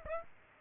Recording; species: mosquito wingbeat signal from an infrared sensor; Aedes aegypti